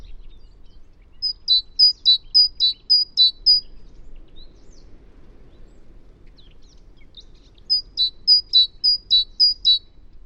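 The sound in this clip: Great tit singing, two bursts of high, ringing two-note phrases repeated about four or five times each, separated by a few seconds of quiet background hiss.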